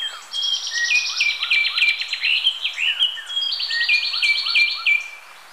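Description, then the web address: Sepia-brown wren song, quick buzzy trilled notes with sliding chirps underneath, rapidly repeated and tightly interwoven. Ecuador. "Natures Songs S America Birds of Ecuador Sepia-brown Wren"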